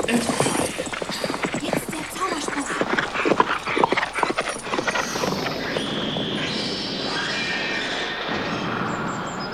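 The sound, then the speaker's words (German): Rapid, clattering hoofbeats of a horse and a donkey galloping off as Don Quixote and Sancho charge, a dense run of sharp percussive clops that fades into a hissing, squealing mechanical wash with no talking. “Aufs Pferd, Don Quixote! Auf den Esel, Sancho! Packt euch bei der Hand! Und stürmt!”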